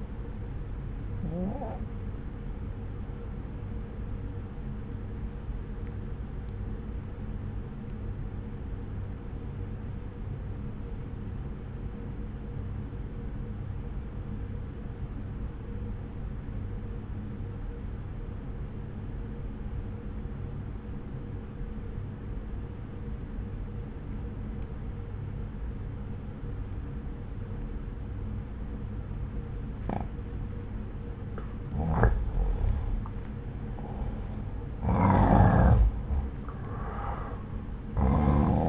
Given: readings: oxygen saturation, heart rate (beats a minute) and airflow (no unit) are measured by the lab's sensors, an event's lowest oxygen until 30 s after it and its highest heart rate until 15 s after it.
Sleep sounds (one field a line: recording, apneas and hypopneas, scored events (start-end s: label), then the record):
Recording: breathing in sleep by a smartphone at the bedside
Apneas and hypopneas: 1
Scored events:
9.00-34.20 s: obstructive apnea (N1, oxygen 95% highest, then 86% lowest)
14.00-38.69 s: new sleep stage, N2 (light sleep)
From the record:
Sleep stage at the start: N1 (lightest sleep)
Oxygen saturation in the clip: 90 to 95%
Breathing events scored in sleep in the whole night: 303 in 8.1 hours asleep